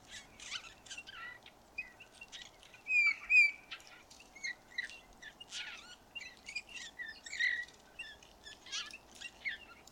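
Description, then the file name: Eurasian bullfinch calls among a busy chorus of chirps and short whistled notes; a clear soft whistle stands out near three seconds, with other small birds calling throughout. "Pyrrhula pyrrhula"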